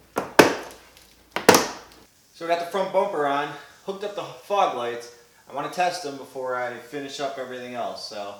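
A plastic fender trim piece is pushed into the bumper/fender of a 2014-2020 Jeep Grand Cherokee after the front bumper is seated, with sharp snaps at 0.4 s, 1.4 s and 1.5 s as its clips pop into place. Then someone talks.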